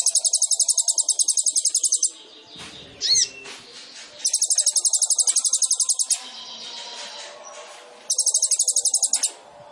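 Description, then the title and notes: Sunbird giving long, very high, fast rattling trills in three bursts separated by pauses, with a brief squeal after the first. Indonesian masteran training song for songbirds; vigorous (gacor) song full of fill-in phrases (isian) and bursts (tembakan), suited for luring (pancingan). "MASTERAN KOLIBRI NINJA TERBAIK FULL ISIAN DAN TEMBAKAN MEWAH COCOK BUAT PANCINGAN. Suara Burung Kolibri Ninja Gacor"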